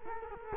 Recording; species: mosquito wingbeat signal from an infrared sensor; Culex quinquefasciatus